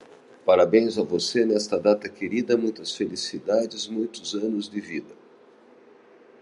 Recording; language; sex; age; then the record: short text; Brazilian Portuguese; male; 60 to 69 years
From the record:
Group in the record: control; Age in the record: 65 years